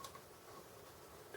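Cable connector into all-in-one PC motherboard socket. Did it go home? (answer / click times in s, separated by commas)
no / none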